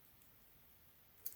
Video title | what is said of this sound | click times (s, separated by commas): DIY How To Remove Pin & Change Any Watch Band or Straps! | just align the hole and I hear click and | 1.3 s